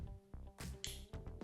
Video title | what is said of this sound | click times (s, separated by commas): ✨ MODEL 3 and MODEL Y EASY DIY Windshield WIPER REPLACEMENT ✨ | yeah it does click right in that's cool not that hard to do | 0.8 s